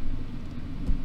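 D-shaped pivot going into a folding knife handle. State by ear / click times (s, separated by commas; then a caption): not seated / none. During reassembly of a Vosteed Racoon folding knife, the D-shaped pivot is handled and lined up with the D-shaped hole in the handle. Only a steady low rumble and broadband noise are heard, with a slight swell near 0.9 seconds. Nothing has seated or clicked yet.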